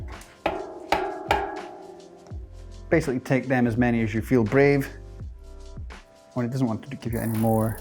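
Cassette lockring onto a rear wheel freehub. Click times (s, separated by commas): 0.5 s, 0.9 s, 1.3 s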